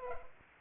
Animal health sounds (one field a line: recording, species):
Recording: mosquito wingbeat signal from an infrared sensor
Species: Culex pipiens